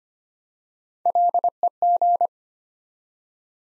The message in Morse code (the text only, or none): LEG